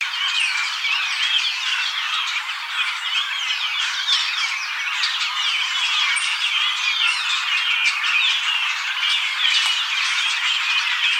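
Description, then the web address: Japanese grosbeak calls in a dense, continuous chorus of overlapping chattering and squeaky notes, many birds calling at once without pause. "birdenaga ikaru"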